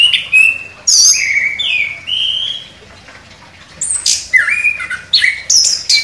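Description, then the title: Orange-headed thrush song of varied clear whistled phrases, delivered in bursts with short pauses between them. Bird singing actively (gacor). "Anis Kembang Gacor"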